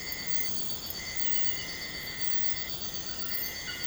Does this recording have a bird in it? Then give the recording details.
no. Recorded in pastures near Puerto Asís, Putumayo, Colombia, on 21 March 2025 at 01:00. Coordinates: 0.472, -76.329. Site G074